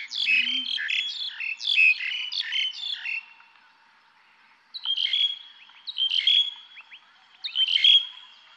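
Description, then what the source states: Birds chirping in one long, busy burst of rough, high notes, then several shorter bursts after a quiet stretch. Calm forest atmosphere.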